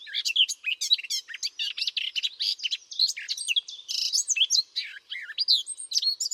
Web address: birddata Deverinetal 2025 File origin Bird Only